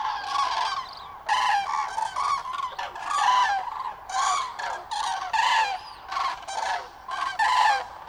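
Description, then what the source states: Common crane calls, loud rattling bugles in quick overlapping bursts from several birds, with a few thin high peeps between. Juvenile and adult cranes, Linum, 20 October 2019.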